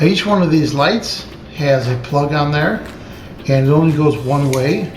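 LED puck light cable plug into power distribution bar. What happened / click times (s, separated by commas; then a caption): The small plug is being handled but has not clicked into its port yet / none. A small plastic plug on the lead of an LED puck light is being handled and lined up with a port on a power distribution bar while someone talks. Faint handling sounds sit under the speech, and nothing has seated or clicked yet.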